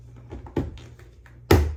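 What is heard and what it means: A plastic lid is pressed tightly onto a mixing bowl of chicken and seasonings before shaking, with soft ticks and a thud at about 0.6 s as it goes on. A sharp, loud snap at 1.5 s marks the lid sealing onto the bowl, and the lid is seated.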